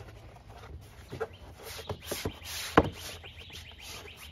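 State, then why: Seated. After an ignition coil replacement on a 2011 Lincoln MKZ Hybrid, the plastic engine cover is pressed back down onto its engine mounts over a low background hiss and faint chirps. Sharp snaps ring out at 1.9 s and again, loudest, at 2.8 s as the cover seats into place.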